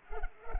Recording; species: mosquito wingbeat signal from an infrared sensor; Culex pipiens